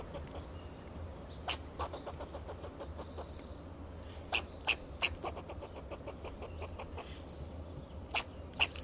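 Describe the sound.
Fox squirrel chattering in quick uneven bursts of clucking pulses, with some louder sharp notes, against a low background hum.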